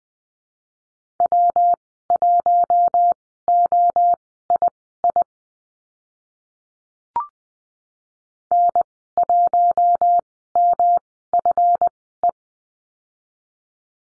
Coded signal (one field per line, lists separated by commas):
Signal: Morse code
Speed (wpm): 20 wpm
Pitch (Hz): 700 Hz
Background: none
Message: W1OII N1MFE